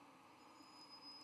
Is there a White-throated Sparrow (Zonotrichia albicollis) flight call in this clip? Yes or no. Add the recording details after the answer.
no. No flight call is heard. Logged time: 06:35 on 12 November 2014